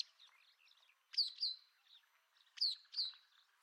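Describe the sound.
White wagtail calls in two quick pairs of high, sharp, downward-slurred chirps over a soft background of twittering.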